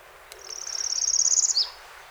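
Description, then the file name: Northern parula singing, a high buzzy trill that climbs slightly over about a second and ends in an abrupt dropping flick. Recorded 7 June 2018. "2018-06-07 NOPA"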